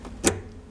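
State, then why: Seated. A fuel filter assembly part on a 2004 Kia Rio is lined up and pushed together into the fuel pump module. A single sharp click at 0.3 s stands out over quiet background noise, and the part is seated.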